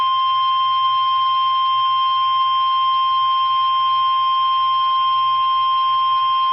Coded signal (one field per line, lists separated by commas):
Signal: Emergency Alert System (SAME) tones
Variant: 1050 Hz attention tone